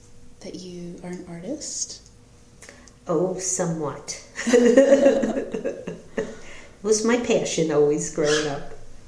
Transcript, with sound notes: that you are an artist?
Oh, somewhat. [Laughter] It was my passion, always, growing up,